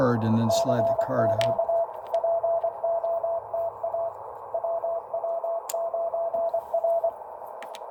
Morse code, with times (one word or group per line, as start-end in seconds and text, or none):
0.5-1.8 CQ
2.1-4.1 POTA
4.5-7.1 WW9R